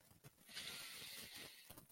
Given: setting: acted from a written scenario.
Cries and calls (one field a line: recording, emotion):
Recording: vocal sound without words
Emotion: awe